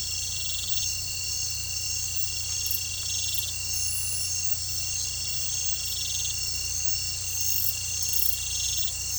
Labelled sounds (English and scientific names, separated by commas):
none